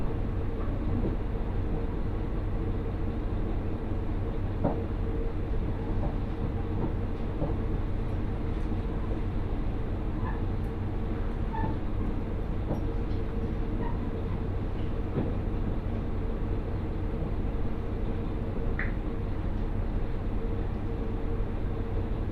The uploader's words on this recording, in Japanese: 鉄道旅 水島臨海鉄道 倉敷市→三菱自工前。平日の水島臨海鉄道、工場地帯を通る路線ゆえに終点の三菱自工前まで行く列車は日中になると1時間以上空く時間帯も出てきます。